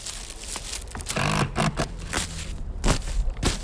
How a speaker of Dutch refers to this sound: Bent u nou met een groot mes in het riet aan het steken? Ja, dan snijden we de bandjes ermee vanaf, van de bos.